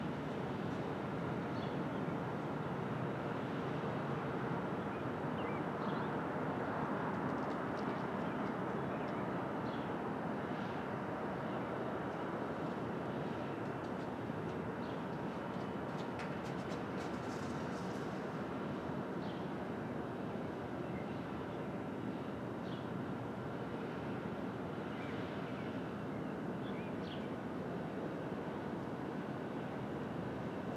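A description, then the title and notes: Street traffic in the open air at dawn makes a steady, dense wash of low rumble and hiss that barely changes across the half minute. Faint higher chirps and clicks flicker through it, with a brief brighter burst of sound around sixteen to eighteen seconds. Brooklyn Dawn, 4 - 17 - 20, Street Traffic, Open Air.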